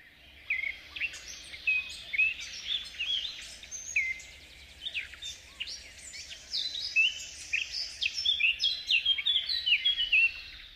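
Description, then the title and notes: Eurasian blackcap song, a continuous rich warble mixing scratchy chattering notes with loud, clear whistled phrases. "Viikon luontoääni: Mustapääkerttu. Tuomas Seimola"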